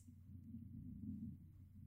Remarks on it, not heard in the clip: Was that your stomach? That was my stomach. That sounded like an airplane miles away.